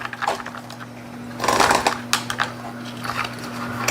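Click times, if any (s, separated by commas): none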